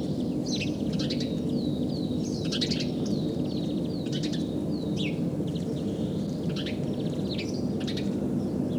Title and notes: Ilkka Heiskanen Kevät - Luontoääniä Päijät-Hämeestä A1 Varpunen